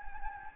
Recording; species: mosquito wingbeat signal from an infrared sensor; Anopheles gambiae